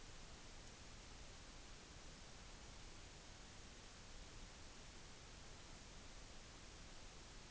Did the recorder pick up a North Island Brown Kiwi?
no